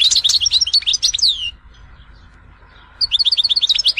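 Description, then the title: European goldfinch singing a quick jumble of bright, tinkling chirps and a descending slurred note, then a pause before another rapid twittering run. "Chant Chardonneret"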